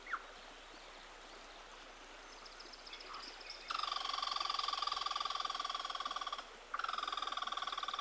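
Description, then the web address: Red squirrel scolding chatter: a rapid, buzzy, rattling trill that starts nearly halfway in, breaks off briefly, then resumes just as fast. Scolding because another squirrel has invaded its territory; both probably busy collecting nuts and cones for their winter food supply. "Solitudes Nature Trails. Red Squirrel"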